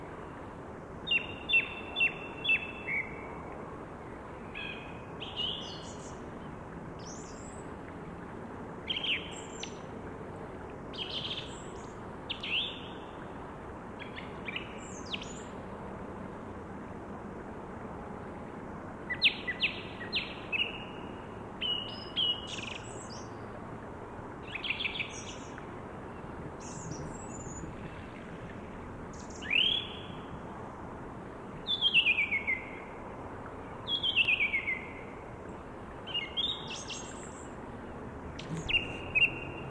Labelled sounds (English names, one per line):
Song Thrush song